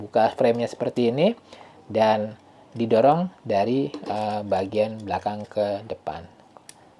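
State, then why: Seated. Someone talks while the red button on a SmallRig camera cage for a DJI Osmo Action 3/4 action camera is slid, the cage frame is opened, and the camera is pushed in from the back toward the front. The frame is then closed, and its latch clicks shut at 6.6 s and 6.7 s, leaving the cage seated around the camera and ready to use.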